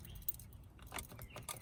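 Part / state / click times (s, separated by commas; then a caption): trunk release button and trunk lock actuator in a car trunk lid / not seated / none. The interior trunk release button in a Dodge car is pressed repeatedly, producing short, sharp taps at about 0.3, 1.0 and 1.5 seconds over a low background rumble. The trunk lock actuator in the trunk lid gives no click at all, and the latch fails to release.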